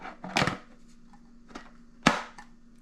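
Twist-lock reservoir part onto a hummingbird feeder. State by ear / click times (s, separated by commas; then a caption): seated / 2.1 s. A plastic twist-lock reservoir part with a cam-lock fitting is turned slightly on a GoPic HiBirds hummingbird feeder with SmartCam, with a few light plastic knocks and rattles early on. It seats with a sharp click at 2.1 s.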